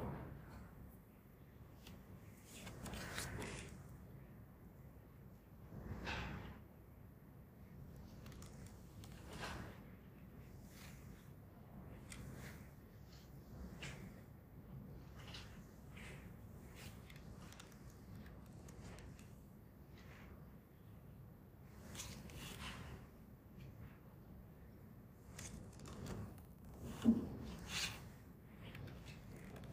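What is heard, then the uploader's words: Books and people at work make a steady run of soft knocks, shuffles and brief scrapes, several every few seconds for the full half minute. A low murmur runs underneath throughout. One sharper tap stands out near the 27-second mark. In a library (no music). The noises of books and hard-working people. No music, only background noises.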